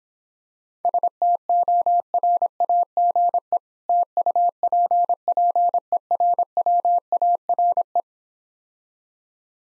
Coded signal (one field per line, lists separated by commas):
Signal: Morse code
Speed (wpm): 26 wpm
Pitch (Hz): 700 Hz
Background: none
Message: STORAGE TUPPERWARE